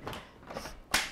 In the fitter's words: get it up till it snaps i already had it on